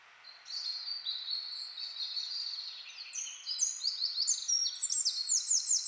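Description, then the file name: Eurasian wren song: a continuous stream of high, thin, tumbling notes that grows louder into rapid sharp trilled phrases. "Troglodytes troglodytes"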